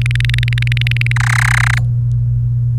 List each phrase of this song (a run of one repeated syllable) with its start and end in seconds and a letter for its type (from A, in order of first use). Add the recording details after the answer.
0.01-1.12 A, 1.16-1.79 B. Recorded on 28 April 2018 at 15:26. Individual llb3